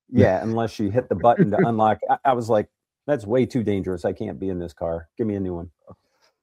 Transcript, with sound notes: Yeah, unless you hit the button to unlock.
(laughs)
I, I was like, "That's way too dangerous. I can't be in this car. Give me a new one."